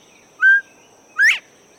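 Northern Bobwhite two-part whistle: a steady clean first note followed by a loud, quickly upslurred second note, with quiet steady hiss behind.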